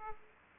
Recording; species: mosquito wingbeat signal from an infrared sensor; Aedes aegypti